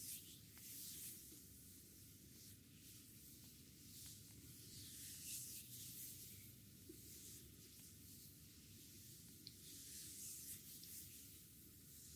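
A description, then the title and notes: An Egyptian technique massage: continuous rubbing and brushing against skin, with a dense low rumble and a bright hiss that swells and fades in slow strokes. Level stays steady throughout, broken only by a few small clicks and taps scattered across the twelve seconds. Egyptian technique massage. ASMR no talking.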